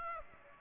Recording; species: mosquito wingbeat signal from an infrared sensor; Aedes aegypti